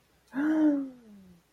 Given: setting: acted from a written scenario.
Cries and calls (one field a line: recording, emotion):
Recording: vocal sound without words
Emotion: positive surprise